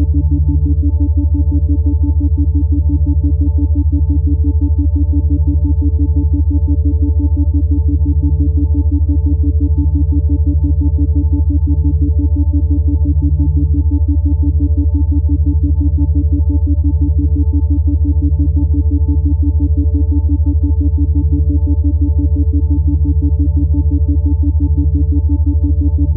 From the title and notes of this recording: Third Eye Opener - Binaural Beats - Isochronic Tones.